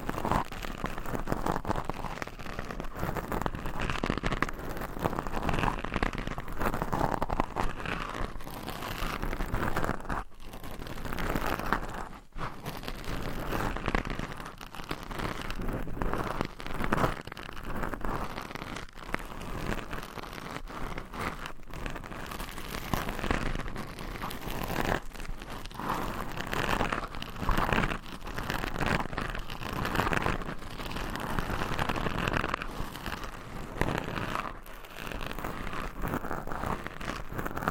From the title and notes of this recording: ASMR Mic Scratching Brain Scratching with 30 DIFFERENT MICS Covers & Nails No Talking.